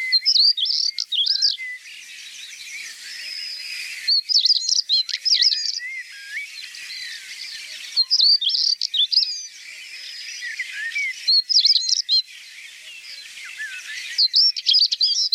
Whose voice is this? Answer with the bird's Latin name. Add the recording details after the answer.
Saxicola rubicola. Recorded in the wild. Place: Waltershofen / Freiburg im Breisgau, Baden-Württemberg, DE. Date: 1979-05-10. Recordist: Schwarz, Dieter. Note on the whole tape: Song